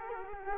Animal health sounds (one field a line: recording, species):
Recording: mosquito wingbeat signal from an infrared sensor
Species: Culex quinquefasciatus